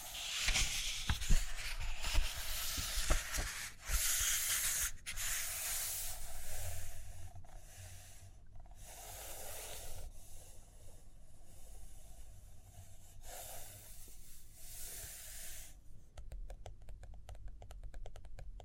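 Paper rustles and pages turn, with bright hissing swishes filling the first five seconds, then a steadier scratchy texture of writing or drawing. Quick taps and sharp clicks dot the opening, and a rapid run of fine ticks closes the last few seconds.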